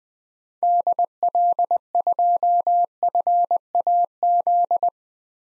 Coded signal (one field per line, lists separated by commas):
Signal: Morse code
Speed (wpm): 20 wpm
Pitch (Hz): 700 Hz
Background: none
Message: DL2FAZ